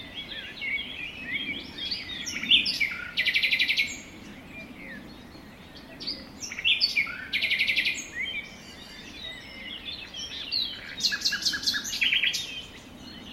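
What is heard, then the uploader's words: Forest birdsong with several birds calling at once, a dense mix of bright chirps and whistles. Louder bursts of rapid trilling stand out around 3, 7 and 12 seconds over a continuous chatter of fainter calls and a soft low rumble beneath. Forest Birdsong.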